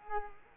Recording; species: mosquito wingbeat signal from an infrared sensor; Culex quinquefasciatus